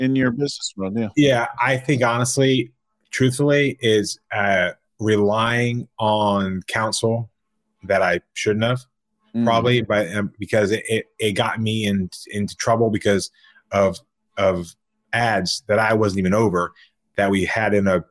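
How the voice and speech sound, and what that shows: Adult man speaking with a mild, well-managed stutter, treated at a school for stuttering: prolonged sounds and repeated words and syllables, with a little hesitation here and there between pauses.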